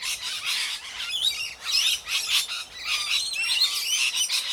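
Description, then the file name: Several parrots calling together, a near-continuous wash of harsh, raspy squawks and chatter with little pause. Several parrots in a tree. "oroborosnz parrots-in-tree"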